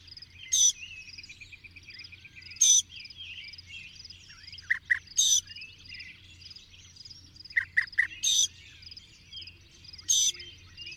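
Bird sounds: harsh buzzy bursts every two seconds or so, a few sharp lower chirps in small groups, and a soft high chattering underneath.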